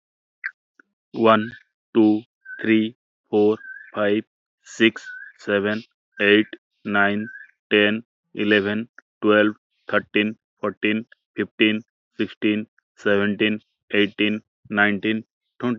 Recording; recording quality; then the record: counting at a normal pace; excellent, no background noise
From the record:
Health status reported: healthy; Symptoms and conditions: none ticked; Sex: male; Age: 26 years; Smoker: not ticked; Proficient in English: yes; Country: India